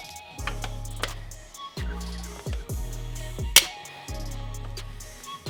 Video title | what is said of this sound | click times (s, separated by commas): TURBO MUFFLER DELETE (is it worth it!?) | there we go snapped into place | 3.6 s